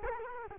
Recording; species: mosquito wingbeat signal from an infrared sensor; Culex quinquefasciatus